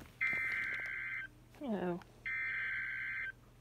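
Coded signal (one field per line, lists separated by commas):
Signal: Emergency Alert System (SAME) tones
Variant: header bursts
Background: speech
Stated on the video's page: Severe thunderstorm warning alert for Beaufort SC, played from a NOAA Weather Radio app.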